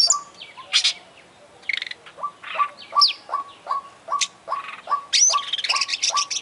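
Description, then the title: Oriental magpie-robin mixing buzzy bursts and high whistles while a steady clipped note repeats regularly underneath, ending in a dense chattering flourish. Champion bird in lively full song (gacor). "Kacer Juara Gacor"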